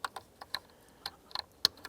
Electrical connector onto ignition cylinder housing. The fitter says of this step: a little click right there now it's time for us to line up our ignition and pull